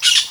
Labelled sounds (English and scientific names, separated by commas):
Brown-throated Parakeet (Eupsittula pertinax) contact call